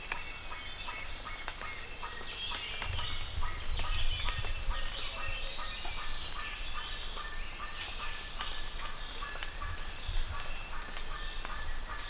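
Bird calls, quick repeated chirps over steady hiss, with a low rumble in the early middle part.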